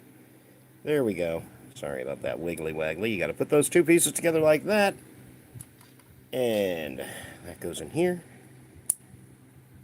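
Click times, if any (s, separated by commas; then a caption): 8.9 s. A plastic snap-fit part is pressed into its socket on the body of a Bumblebee model kit figure while someone talks. The part seats with one sharp click at 8.9 s.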